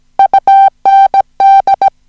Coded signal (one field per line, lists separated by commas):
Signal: Morse code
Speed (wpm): 17 wpm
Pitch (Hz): 780 Hz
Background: music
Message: UND